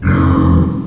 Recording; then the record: squeal of a Yucatan mini pig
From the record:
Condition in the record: after surgery on the right vocal fold (resection and tissue-engineered implant); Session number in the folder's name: 16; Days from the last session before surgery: 183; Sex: female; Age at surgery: 19 weeks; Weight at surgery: 25 kg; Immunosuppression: prednisolone